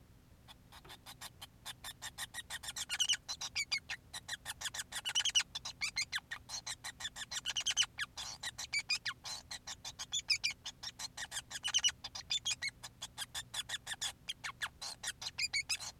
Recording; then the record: song of a male Bengalese finch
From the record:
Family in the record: son of father 5